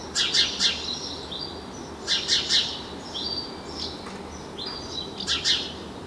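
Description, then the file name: House sparrow giving several bursts of rough chirps, with thin high notes between them. "Passer domesticus"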